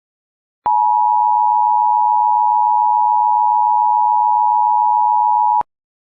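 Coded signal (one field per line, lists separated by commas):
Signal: Emergency Alert System (SAME) tones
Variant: 853 and 960 Hz attention tone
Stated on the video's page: Fictional EAS scenario tones.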